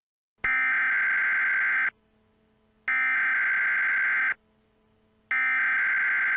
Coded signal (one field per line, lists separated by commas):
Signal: Emergency Alert System (SAME) tones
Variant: header bursts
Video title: Emergency Alert System - Required Monthly Test